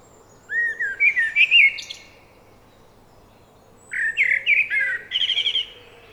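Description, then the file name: Eurasian blackbird song: two fluted, warbling phrases, each sliding through low mellow notes before ending in a thin, high twitter, separated by a pause of about two seconds. "Turdus merula"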